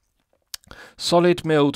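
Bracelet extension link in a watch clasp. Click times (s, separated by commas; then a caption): 0.5 s. The 5 mm EasyLink-style extension on the solid milled steel clasp of a Pagani Design PD-1692 V2 watch bracelet is deployed, opening with a sharp, positive click at 0.5 s followed by a few faint ticks. Someone then talks.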